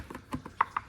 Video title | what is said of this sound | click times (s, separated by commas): Beyblade Burst Interstellar Drop unboxing video | Oh yeah, it looks like it kind of like pushes down and locks in place. There we go. | 0.6 s, 0.8 s